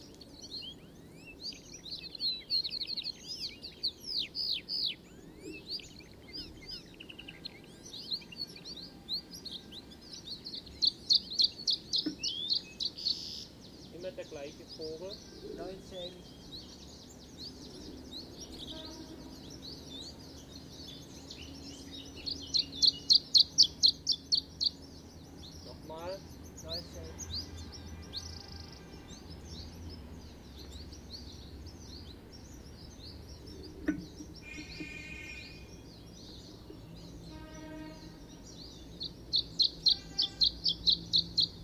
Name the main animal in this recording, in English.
Canary Islands Chiffchaff